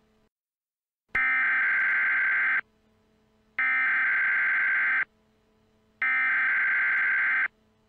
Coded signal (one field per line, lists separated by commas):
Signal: Emergency Alert System (SAME) tones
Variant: header bursts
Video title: EAS Scenario - Black Hole